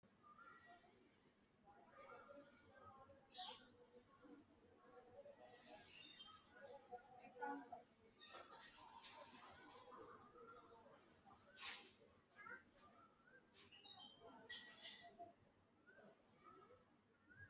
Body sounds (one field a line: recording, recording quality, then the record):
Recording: deep breathing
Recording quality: moderate, slight background noise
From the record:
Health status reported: healthy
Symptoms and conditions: none ticked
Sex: male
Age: 48 years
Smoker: not ticked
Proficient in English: yes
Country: India